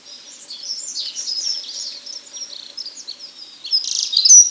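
Dunnock song, a fast jumbled warble of high thin notes running throughout, louder near the end.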